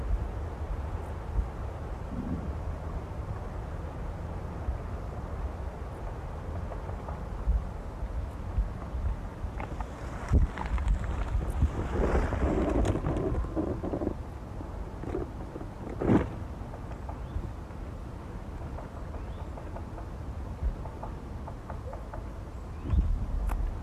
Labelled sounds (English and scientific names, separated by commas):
Dark Bush-cricket (Pholidoptera griseoaptera) stridulation